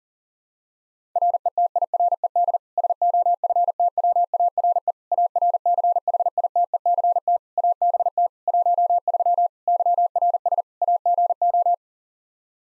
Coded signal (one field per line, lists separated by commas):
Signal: Morse code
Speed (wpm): 37 wpm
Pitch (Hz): 700 Hz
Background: none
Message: RETIRED SOFTWARE ARCHITECT ABT 13 YRS AGO